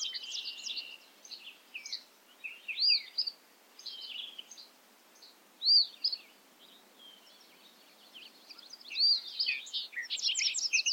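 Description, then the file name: Bobolink song: a long, jumbled cascade of bubbly, metallic tinkling notes, rising and falling quickly and continuing in bursts throughout. Recorded at Ferme Beauchamp. "A bobolink talks to you from Ferme Beauchamp"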